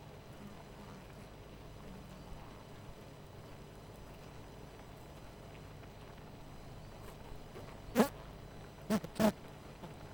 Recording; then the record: honeybee colony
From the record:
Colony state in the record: missing queen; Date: 14 July 2017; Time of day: 18:51